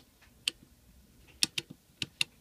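A rifle rear sight windage knob, turned with pressure into the steel rear sight base of an M1 Garand lock bar sight, makes sharp detent clicks at 0.5, 1.4, 1.6, 2.0 and 2.2 seconds over a quiet background. The knob threads engage and the sight is seated.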